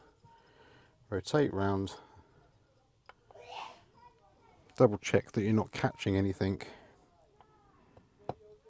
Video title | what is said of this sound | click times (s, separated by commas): ZZR600 Restoration Ep. 2: Carb Strip, Wiring Diagnosis & Plastic Repair | And you'll feel it very positively click into place. | 8.3 s